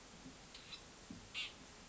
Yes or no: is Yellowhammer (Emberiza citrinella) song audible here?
no